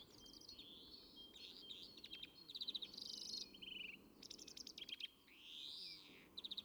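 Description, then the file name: European greenfinch song: rapid ticking trills and twitters, a flat buzzy note, then a long wheezy rising-falling drawl near the end, with faint low background hiss. "Chloris chloris"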